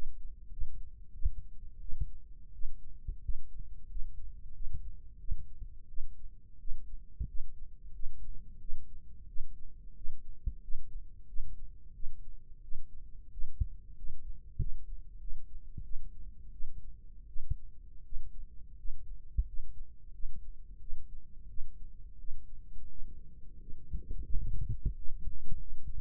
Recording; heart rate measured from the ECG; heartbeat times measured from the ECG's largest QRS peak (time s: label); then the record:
heart sounds by microphone in the left ear; 89 bpm
0.52 s: heartbeat
1.14 s: heartbeat
1.81 s: heartbeat
2.54 s: heartbeat
3.23 s: heartbeat
3.90 s: heartbeat
4.55 s: heartbeat
5.20 s: heartbeat
5.89 s: heartbeat
6.60 s: heartbeat
7.28 s: heartbeat
7.94 s: heartbeat
8.61 s: heartbeat
9.28 s: heartbeat
9.96 s: heartbeat
10.62 s: heartbeat
11.28 s: heartbeat
11.95 s: heartbeat
12.63 s: heartbeat
13.32 s: heartbeat
13.97 s: heartbeat
14.60 s: heartbeat
15.21 s: heartbeat
15.85 s: heartbeat
16.53 s: heartbeat
17.28 s: heartbeat
18.04 s: heartbeat
18.78 s: heartbeat
19.47 s: heartbeat
20.13 s: heartbeat
20.81 s: heartbeat
21.49 s: heartbeat
22.19 s: heartbeat
22.89 s: heartbeat
23.60 s: heartbeat
24.29 s: heartbeat
24.96 s: heartbeat
25.60 s: heartbeat
From the record:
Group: healthy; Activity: rest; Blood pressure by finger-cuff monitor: 125/76 mmHg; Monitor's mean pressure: 92 mmHg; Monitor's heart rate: 89 bpm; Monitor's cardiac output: 6.9 L/min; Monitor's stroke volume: 78 mL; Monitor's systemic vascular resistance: 990 dyn s/cm5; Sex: female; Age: 37 years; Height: 168 cm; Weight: 70 kg